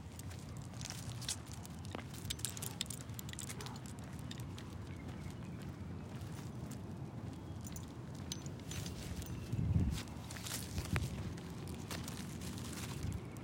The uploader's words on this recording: Walking the dog at night through my neighborhood in Phoenix Arizona. Join me and my dog on a cool evening walk around our neighborhood. You’ll hear her shaking her harness every now and then.